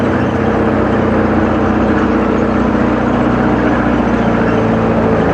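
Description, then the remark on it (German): An American Sherman tank's heavy engine drones steadily and loudly, a low rumbling hum overlaid with a dense metallic rattle of tracks, continuous for the whole stretch with no voices. “Und dann höre ich auf einmal das Brummen und das Rassle hier ganz vorn.”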